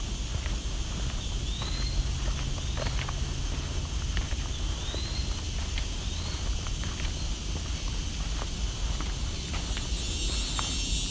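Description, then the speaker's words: Eastern wood-pewee song: a few thin, slurred whistles, some rising, spaced a second or more apart, faint under steady wind noise and scattered clicks. Very talkative. "go back and listen to this woodpewee."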